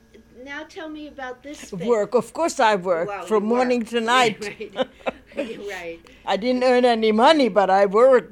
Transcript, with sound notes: Now tell me about this phase.
Work, of course I worked, from morning to night. ( they laugh )
Right.
I didn't earn any money, but I work.